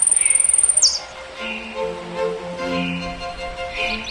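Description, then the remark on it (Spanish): A goldfinch in a forest gives a rapid, high, pulsing trill for about a second, then a run of calls and warbling notes that rise and fall over a steady tonal background. “Llorando y trinando, todo el bosque resonaba con sus desesperados reclamos, pero nadie respondía.”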